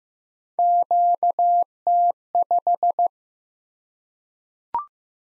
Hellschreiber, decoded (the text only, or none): none